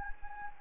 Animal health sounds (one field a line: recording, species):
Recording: mosquito wingbeat signal from an infrared sensor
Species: Anopheles gambiae